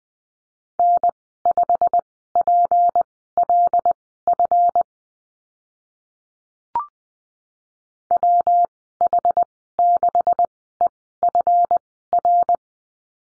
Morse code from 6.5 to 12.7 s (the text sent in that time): WH6EFR